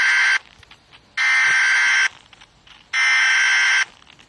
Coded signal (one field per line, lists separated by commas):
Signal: Emergency Alert System (SAME) tones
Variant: header bursts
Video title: EAS Mock: LA Tornado